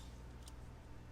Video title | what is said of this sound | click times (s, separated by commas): Heritage Rough Rider: Easy Cleaning | push it until it clicks | 0.5 s